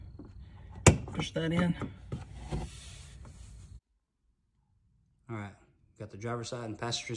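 A wiring harness plug is pushed onto the back of an Axial LED side marker light on a Challenger Hellcat while someone talks. A loud, sharp snap at 0.9 seconds marks the plug seating.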